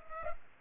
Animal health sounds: mosquito wingbeat signal from an infrared sensor; Culex pipiens

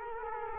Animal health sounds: mosquito wingbeat signal from an infrared sensor; Culex quinquefasciatus

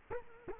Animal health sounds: mosquito wingbeat signal from an infrared sensor; Culex quinquefasciatus

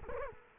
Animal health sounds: mosquito wingbeat signal from an infrared sensor; Culex quinquefasciatus

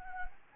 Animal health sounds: mosquito wingbeat signal from an infrared sensor; Anopheles gambiae

